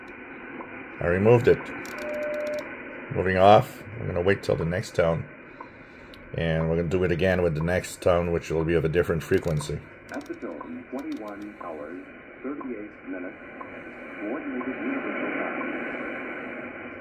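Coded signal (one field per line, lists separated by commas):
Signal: radio time signal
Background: speech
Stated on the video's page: Tones and heterodynes removed with a notch filter on a Yaesu FTdx10 receiver.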